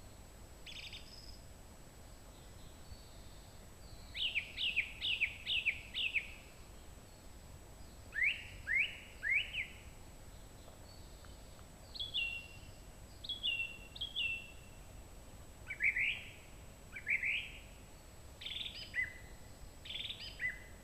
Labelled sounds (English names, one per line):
Song Thrush song